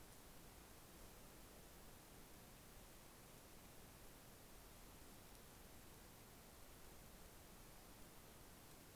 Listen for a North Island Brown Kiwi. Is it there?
no